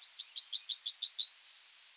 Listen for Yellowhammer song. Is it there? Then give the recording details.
yes. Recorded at under 5 m from the bird. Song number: 121